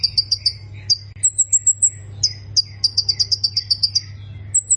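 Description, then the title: Plain prinia song: rapid bursts of sharp, high ticking notes and thin whistled trills, run together in quick series, with a constant low hum beneath. "Ciblek Sawah"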